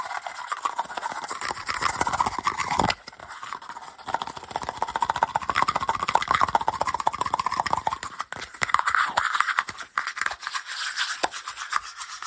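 Fast, aggressive scratching and tapping fill the clip, a dense run of quick rasping strokes, like brushing, that stays bright and busy throughout. Brief dips in the rhythm come near three seconds and again around eight and ten seconds, and then the scraping resumes.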